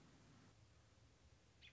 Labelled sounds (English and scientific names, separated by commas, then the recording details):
American Robin (Turdus migratorius)
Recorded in Sonoma County, California